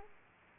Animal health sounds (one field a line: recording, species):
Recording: mosquito wingbeat signal from an infrared sensor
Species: Aedes aegypti